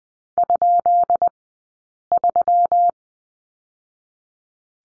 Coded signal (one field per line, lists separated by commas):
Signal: Morse code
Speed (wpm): 20 wpm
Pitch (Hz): 700 Hz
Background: none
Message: ?3